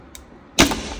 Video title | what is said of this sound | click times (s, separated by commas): Porsche 911 amber side marker replacement | and just pull it out you'll hear a pop like this | 0.2 s